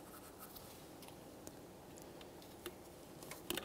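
An ignition wire boot, lubricated with a little silicone paste, is handled at a distributor cap terminal on a 1999-2006 Chevrolet Silverado 1500 4.3L V6. Faint scratching and rubbing come with small ticks near 1.5, 2.7, 3.5 and 3.6 seconds. Nothing has seated or clicked yet.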